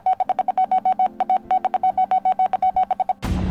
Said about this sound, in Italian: Anzi, ve lo dico in codice Morse.